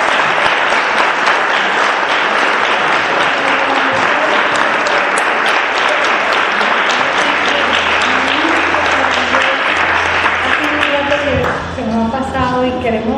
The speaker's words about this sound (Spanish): Bueno, vamos a bautizar los tres para darle. Vamos así como, en primer lugar, a pedir un fuerte aplauso.